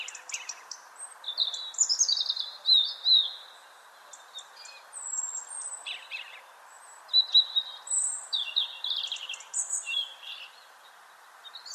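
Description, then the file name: European robin with high, wavering song phrases mixing thin whistles and rapid trills, pausing between bursts; background hiss throughout. "Erithacus rubecula"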